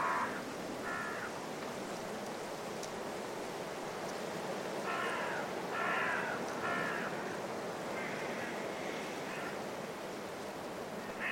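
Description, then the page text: Carrion crow calling with scattered harsh caws, a bunched series in the middle, half-buried under strong gusting wind. Five carrion crows in trees before roosting, woodland, blustery force 6 wind, winter, Woodchester Park, Gloucestershire. "A group of five Carrion Crows in the trees, before roosting, during a blustery force 6 wind. Recorded in winter at Woodchester Park, Gloucestershire. British Library"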